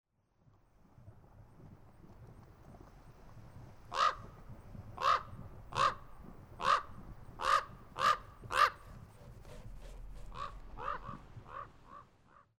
As the thermal features of Black Sand Basin bubble in the background, a raven calls to its mate and takes flight.